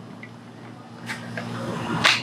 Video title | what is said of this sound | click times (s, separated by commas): $155. SPRING STEEL STARTER SWORD - SURUDOI KATANA - ROM | locks into place doesn't come out very very simple thumb push and it locks into place it's | 1.4 s